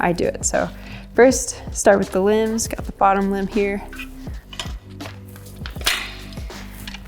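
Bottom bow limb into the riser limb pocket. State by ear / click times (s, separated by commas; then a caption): seated / 5.9 s. Someone talks while sliding the bottom limb of an Olympic recurve bow into its limb pocket on the riser. The limb seats with a sharp click at 5.9 s, locking into the riser.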